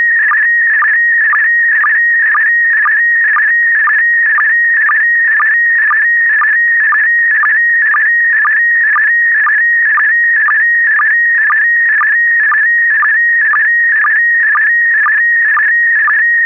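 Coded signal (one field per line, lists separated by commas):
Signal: SSTV (slow-scan television)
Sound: warbling, buzzy tone scanning up and down, with steady rhythmic clicks about twice a second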